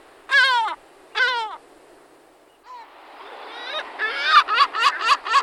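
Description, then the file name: Lesser black-backed gull with two loud yelps, then a building series of rapid, laughing ha-ha-ha notes. "racek-žlutonohý"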